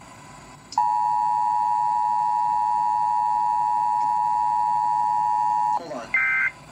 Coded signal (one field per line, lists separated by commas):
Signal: Emergency Alert System (SAME) tones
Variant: 853 and 960 Hz attention tone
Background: speech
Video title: KDKA RWT (3/28/21) EAS 215-16